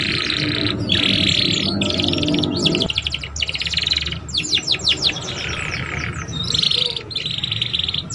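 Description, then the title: Belgian canary song: continuous rolling trills and buzzy tours, broken by quick chirp series, with low background hum. Belgian canary song played to warm up young canaries and prompt them to sing quickly and chatter. "Canto Para Esquentar Canário Belga. SUARA KENARI PAUD CUIT CUIT BELAJAR BUNYI - pancingan kenari paud muda agar cepat bunyi dan ngeriwik"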